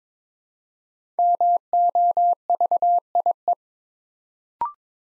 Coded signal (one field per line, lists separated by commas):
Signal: Morse code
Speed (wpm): 22 wpm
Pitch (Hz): 700 Hz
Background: none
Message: MOVIE